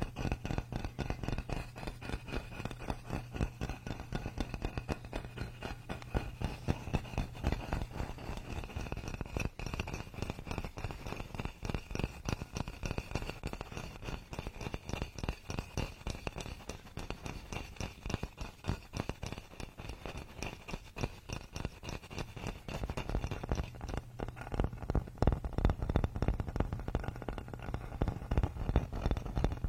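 A wooden massage tool works steadily throughout, producing a dense stream of quick, regular tapping and rubbing strokes. A low hum runs underneath with a faint bright tone above, and the strokes grow sharper and louder after about 23 seconds.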